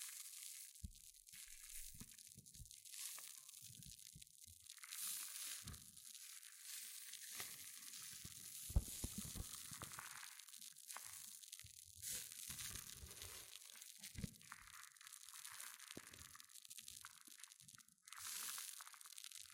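Hair mousse fizzes and crackles in a dense, bright hiss that runs the whole time, full of tiny rapid pops. Louder surges of crackling come every few seconds, with brief low thumps and rubbing underneath, and the fizz swells again near the end.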